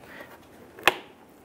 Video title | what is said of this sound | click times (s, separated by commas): How tor Replace Front Bumper Cover 2005-2010 Chrysler 300 | locks into place | 0.9 s